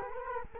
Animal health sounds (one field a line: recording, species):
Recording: mosquito wingbeat signal from an infrared sensor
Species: Culex quinquefasciatus